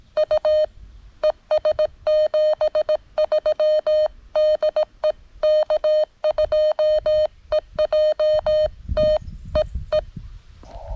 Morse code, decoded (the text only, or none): U ES 73 DE K2EJT E E